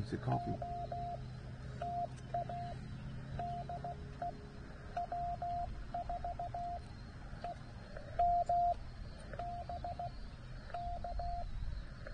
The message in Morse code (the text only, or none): OTA DE W4EMB K